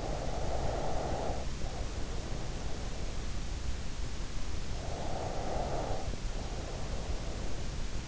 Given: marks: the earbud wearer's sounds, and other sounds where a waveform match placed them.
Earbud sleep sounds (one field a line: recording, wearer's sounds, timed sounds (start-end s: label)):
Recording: sounds in sleep by an in-ear microphone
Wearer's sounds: breath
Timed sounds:
0.00-3.15 s: breath
4.87-7.72 s: breath